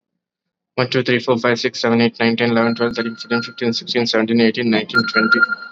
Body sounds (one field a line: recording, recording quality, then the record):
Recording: counting at a fast pace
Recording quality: moderate, slight background noise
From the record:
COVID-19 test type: RT-PCR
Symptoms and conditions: cough, sore throat, fever, fatigue, muscle pain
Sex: male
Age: 21 years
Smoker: no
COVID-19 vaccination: both doses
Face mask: worn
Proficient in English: yes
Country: India